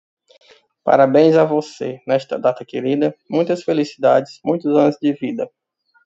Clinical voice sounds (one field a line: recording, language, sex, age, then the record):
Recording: short text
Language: Brazilian Portuguese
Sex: male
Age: 30 to 39 years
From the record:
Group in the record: control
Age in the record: 38 years